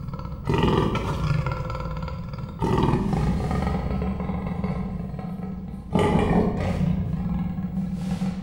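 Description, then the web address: Persian leopard giving deep, rasping growls in long bursts, rising abruptly three times with harsh low rumbling between. Zoo animal in Miskolc, 2018; begins vocalising agitatedly. "perzsa leopard indulatosankezdi miskolczoo"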